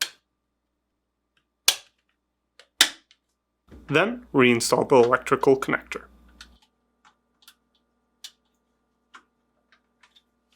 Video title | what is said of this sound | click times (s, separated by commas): How to replace RFID Board Cover part # WR02X23748 on your GE Refrigerator | align the RFID board to the new cover with the connector closest to the screw hole and press until it snaps back into place. | 1.7 s, 2.8 s